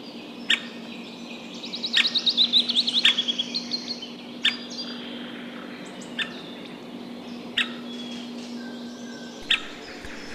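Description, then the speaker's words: White-backed woodpecker brood calling: a rapid, high chattering burst and sharp isolated call notes scattered through, over a steady low hum. Brood of young with a parent calling now and then, recorded at close range. "Ja tässä on äänessä valkoselkätikka"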